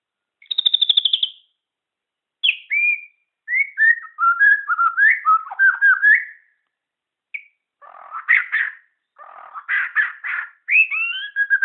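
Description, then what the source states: Shama song: a quick rattled trill, then varied whistled and warbled phrases with pauses, ending in harsher churring notes and rising whistles. Bornean form (murai Borneo).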